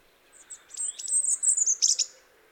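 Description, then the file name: European robin song: one thin, high, sparkling phrase of quick trills and slurred whistles lasting under two seconds, over faint background hiss. "Erithacus rubecula"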